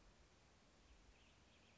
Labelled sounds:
Western Tanager

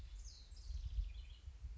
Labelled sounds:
House Wren

